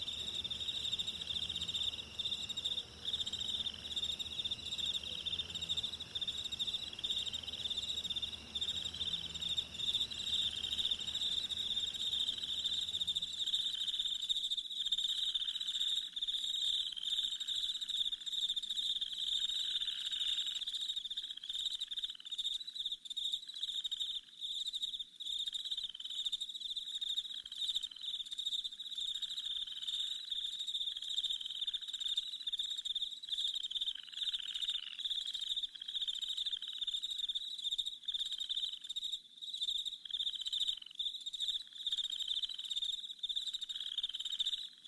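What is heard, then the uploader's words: A rainforest chorus of frogs and insects keeps up a dense, steady, shrill trilling for the whole clip, with fainter rapid pulsing calls higher above it. A low rushing rumble sits underneath for the first thirteen seconds, then drops away. Soothing Rainforest, Frogs, and Waterfalls.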